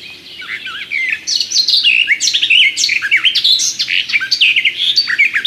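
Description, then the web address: Garden warbler song: a rich, fast, continuous warble of mellow bubbling notes that rise and fall, with no other sounds present. "kurspttk Kurs materiały Przyroda Ptaki Gajówka"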